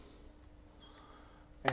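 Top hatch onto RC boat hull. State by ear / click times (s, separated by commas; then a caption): seated / 1.7 s. The plastic top hatch of a toy RC boat is pushed onto the hull over a quiet background, then locks into place with a single sharp click at 1.7 s. The hatch is seated.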